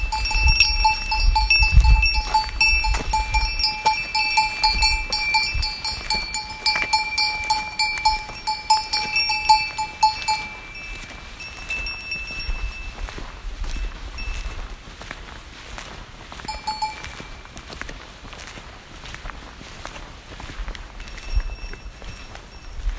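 A herd of cattle walks past with clanking bells ringing steadily for ten seconds, then fading to sparse clinks amid shuffling hooves.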